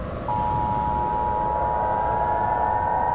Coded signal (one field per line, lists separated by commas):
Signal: Emergency Alert System (SAME) tones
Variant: 853 and 960 Hz attention tone